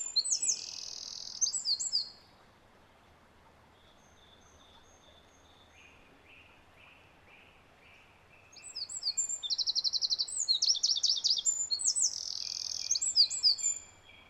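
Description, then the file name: Eurasian wren song: a burst of rapid high chirps and trills, a quiet pause with faint lower notes, then another loud stretch of fast, rattling trills and twittering. "Troglodytes troglodytes"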